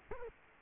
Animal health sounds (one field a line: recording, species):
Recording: mosquito wingbeat signal from an infrared sensor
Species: Culex quinquefasciatus